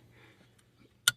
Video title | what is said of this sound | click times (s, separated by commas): 2008-12 Ford Escape/Focus/Tribute/ Mariner - No Crank,No Start,+ Ignition module Housing | Make sure you hear clicks, alright? | 1.1 s